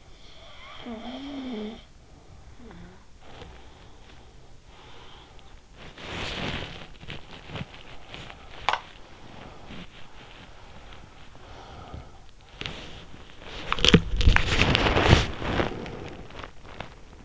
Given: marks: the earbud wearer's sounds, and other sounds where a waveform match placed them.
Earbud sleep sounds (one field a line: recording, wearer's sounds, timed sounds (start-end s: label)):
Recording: sounds in sleep by an in-ear microphone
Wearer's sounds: snoring breath, breath, body movement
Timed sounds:
0.00-3.14 s: snoring breath
3.14-5.62 s: breath
5.86-17.24 s: body movement